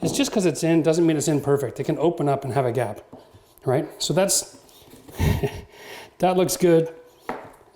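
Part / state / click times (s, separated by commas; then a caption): click-lock floor plank into neighbouring plank / seated / 7.3 s. A laminate click-lock floor plank is pressed down into the joint of its neighbouring plank on the first rows while someone talks. A single sharp click is heard at 7.3 s as the plank seats.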